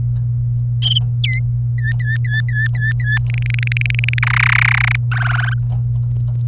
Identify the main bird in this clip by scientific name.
Serinus canaria